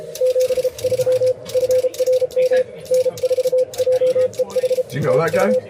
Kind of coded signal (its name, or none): Morse code